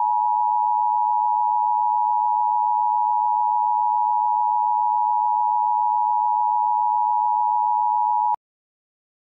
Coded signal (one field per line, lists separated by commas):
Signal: Emergency Alert System (SAME) tones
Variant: 853 and 960 Hz attention tone